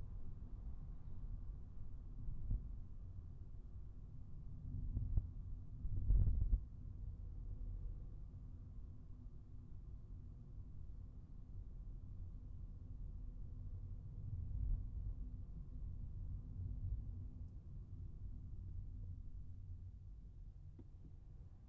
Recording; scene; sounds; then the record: everyday scene through a hearing-aid microphone; in a vehicle; engine, traffic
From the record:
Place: Skoda Fabia, gasoline engine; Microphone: behind the ear, right, front